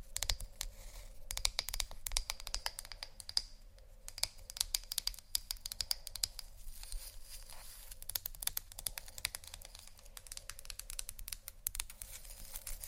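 Dense, rapid tapping and scratching textures, crisp and bright, run continuously with brief pauses around four and nine seconds over a faint low hum.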